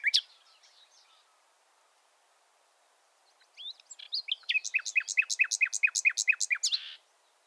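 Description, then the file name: Common nightingale song: a brief opening note, a quiet pause, then a series of repeated sharp notes forming a loud rhythmic trill. "Luscinia megarhynchos"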